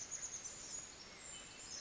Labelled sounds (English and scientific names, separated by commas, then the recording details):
Chestnut-backed Chickadee (Poecile rufescens)
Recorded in Sonoma County, California